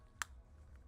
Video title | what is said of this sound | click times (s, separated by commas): 🔴 LIVE - Repairing Game Consoles - Episode 19 | And you'll hear some clicking sound as well. | 0.2 s